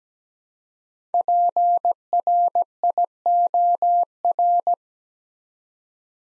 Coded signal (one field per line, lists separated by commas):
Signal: Morse code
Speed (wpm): 17 wpm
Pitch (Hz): 700 Hz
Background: none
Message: PRIOR